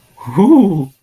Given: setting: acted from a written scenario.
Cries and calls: vocal sound without words; realization

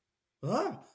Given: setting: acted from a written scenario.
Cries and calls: vocal sound without words; negative surprise

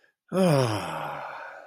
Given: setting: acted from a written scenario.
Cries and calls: vocal sound without words; contentment

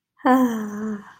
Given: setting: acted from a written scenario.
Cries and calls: vocal sound without words; serenity

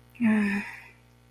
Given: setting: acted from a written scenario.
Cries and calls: vocal sound without words; guilt

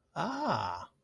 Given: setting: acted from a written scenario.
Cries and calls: vocal sound without words; realization

